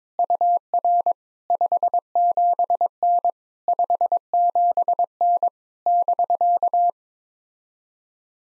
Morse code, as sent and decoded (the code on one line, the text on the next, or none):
..- .-. / ..... --... -. / ..... --... -. / -...-.-
UR 57N 57N <BK>